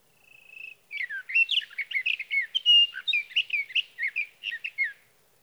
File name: Sage Thrasher